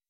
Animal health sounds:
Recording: hydrophone in a shrimp aquaculture tank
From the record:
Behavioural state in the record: weakened

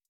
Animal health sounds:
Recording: hydrophone in a shrimp aquaculture tank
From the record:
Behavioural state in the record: feeding

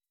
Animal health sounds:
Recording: hydrophone in a shrimp aquaculture tank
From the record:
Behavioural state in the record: weakened

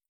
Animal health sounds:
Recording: hydrophone in a shrimp aquaculture tank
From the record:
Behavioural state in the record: stressed

